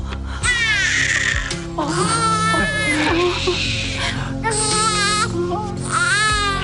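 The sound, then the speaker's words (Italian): A newborn baby girl, just born and getting her first checkup, cries in repeated high, wavering wails with brief breaths between them, loud and continuous over a steady background of music-like tones. “Ecco la sua bambina, è bellissima.”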